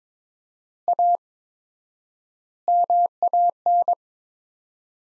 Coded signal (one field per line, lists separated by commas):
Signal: Morse code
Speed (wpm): 22 wpm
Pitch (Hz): 700 Hz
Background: none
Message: A MAN